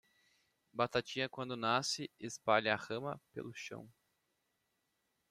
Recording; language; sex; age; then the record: short text; Brazilian Portuguese; male; 20 to 29 years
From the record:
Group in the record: control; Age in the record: 21 years